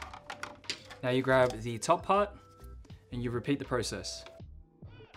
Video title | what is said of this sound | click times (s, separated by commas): Spectrum Aurora 13" Mini Pearl III Ring Light - Unboxing & Assembly | that matches the bottom here and to mount it, all you need to do is just push until you hear a clicking sound on each of the tabs. | 0.3 s, 0.4 s, 0.7 s